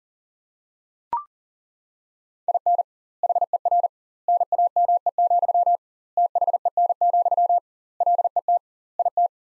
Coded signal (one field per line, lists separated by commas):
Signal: Morse code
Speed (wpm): 40 wpm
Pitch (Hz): 700 Hz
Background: none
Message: IN HER NAME, THEN, LET IT